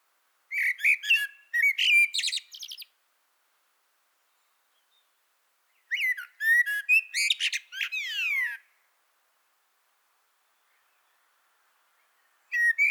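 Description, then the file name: Common blackbird singing two long phrases separated by a pause of a few seconds, each a mellow whistled opening followed by rapid, scratchy high-pitched chatter; a third phrase begins at the end. "Turdus merula"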